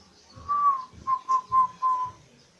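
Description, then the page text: Zebra dove song phrase: a drawn coo followed by a few short soft coos at one steady pitch, with faint low thumps. Manggung song of local and Bangkok zebra doves, used for luring birds. "suara perkutut manggung gacor dari jenis perkutut lokal atau asli dan bangkok untuk pikat"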